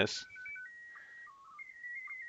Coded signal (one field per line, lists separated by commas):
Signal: SSTV (slow-scan television)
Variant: PD 120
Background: speech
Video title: Ham radio? There's an app for that!